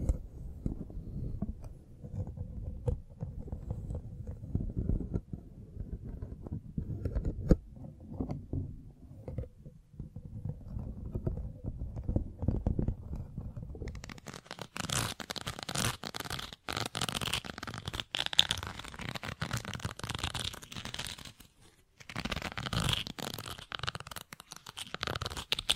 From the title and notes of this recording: BRAIN TINGLES ASMR Mic Brushing and Scratching (No Talking).